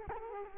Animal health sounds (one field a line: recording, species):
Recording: mosquito wingbeat signal from an infrared sensor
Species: Culex quinquefasciatus